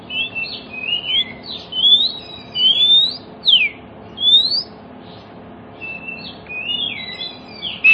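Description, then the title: Oriental magpie-robin song: a flowing series of slurred whistles sweeping up and down, then several clear whistles, against steady low hum. Oriental magpie-robin song that prompts other magpie-robins, including ones that have stopped singing, to answer and sing within minutes. "Cukup Hitungan Menit Kacer Lain Bisa Bunyi. CUKUP 5 Menit Kacer LAIN NYAUT JADI GACOR, PANCINGAN KACER MACET BUNYI"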